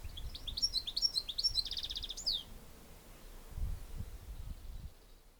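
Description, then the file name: European goldfinch twittering: quick liquid notes rising and falling in a rapid series, ending in a buzzy trill, with low rumbling background noise. "Carduelis carduelis"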